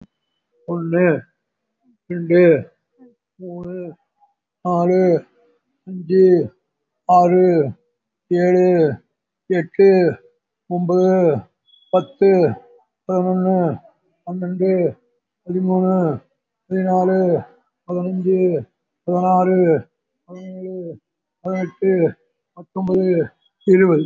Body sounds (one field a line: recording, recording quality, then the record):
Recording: counting at a normal pace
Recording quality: excellent, no background noise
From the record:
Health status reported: respiratory illness, not identified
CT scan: taken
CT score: 0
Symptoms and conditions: cough, cold, asthma, chronic lung disease, pneumonia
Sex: male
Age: 62 years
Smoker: no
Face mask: not worn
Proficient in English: no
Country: India